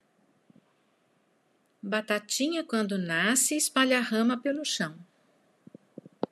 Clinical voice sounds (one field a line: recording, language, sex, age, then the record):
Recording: short text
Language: Brazilian Portuguese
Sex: female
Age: 60 to 69 years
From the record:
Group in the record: control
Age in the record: 63 years